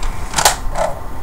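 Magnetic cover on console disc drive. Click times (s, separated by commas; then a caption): 0.4 s, 0.5 s. A magnetic cover on a console disc drive is closed after a game disc is put in, and the magnet snaps it into place with two sharp clicks at about 0.4 s and 0.5 s. A softer, lower rustle follows around 0.8 s. The cover is seated.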